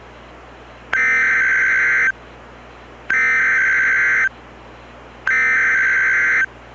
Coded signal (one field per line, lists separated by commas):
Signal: Emergency Alert System (SAME) tones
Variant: header bursts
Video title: EAS Christmas Special - Stay Frosty